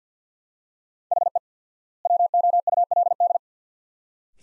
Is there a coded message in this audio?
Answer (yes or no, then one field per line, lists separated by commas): yes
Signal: Morse code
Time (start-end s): 1.1-3.4 s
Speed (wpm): 50 wpm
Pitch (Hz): 700 Hz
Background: none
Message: HE WOULD